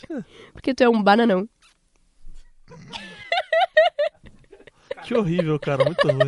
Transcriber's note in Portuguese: risos